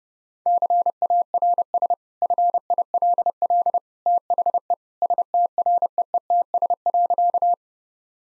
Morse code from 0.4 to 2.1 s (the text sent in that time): CARS